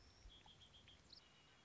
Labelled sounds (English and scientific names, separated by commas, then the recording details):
Red-winged Blackbird (Agelaius phoeniceus)
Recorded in Sonoma County, California